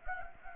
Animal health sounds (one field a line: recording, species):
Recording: mosquito wingbeat signal from an infrared sensor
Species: Anopheles gambiae